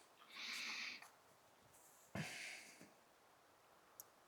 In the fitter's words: There it goes. It clicked.